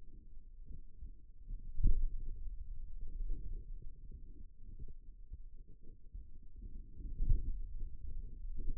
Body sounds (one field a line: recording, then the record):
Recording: forearm muscle sounds (acoustic myography)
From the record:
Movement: finger pinch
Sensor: system 2, bracelet of six BSWA MPA416 microphones around the upper forearm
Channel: 4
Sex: male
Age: 22 years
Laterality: right